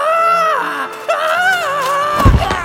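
A woman lets out a piercing, high-pitched shriek bordering on a squeal, interrupting a queen's speech; it wavers and bends in pitch, breaking briefly before rising again and ending in a harsh, strained burst.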